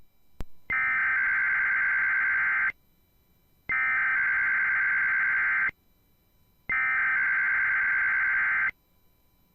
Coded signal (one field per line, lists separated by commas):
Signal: Emergency Alert System (SAME) tones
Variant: header bursts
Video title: First RWTs and Alerts for Fall 2021 (EAS 351-368)